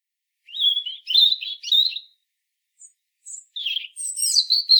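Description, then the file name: European robin delivering a sweet, trilling phrase of high warbled notes, a brief pause with two soft high notes, then a brighter, jumbled phrase. "Erithacus rubecula"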